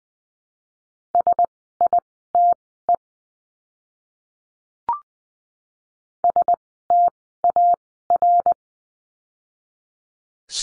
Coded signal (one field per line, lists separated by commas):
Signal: Morse code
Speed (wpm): 20 wpm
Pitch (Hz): 700 Hz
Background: none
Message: SITE STAR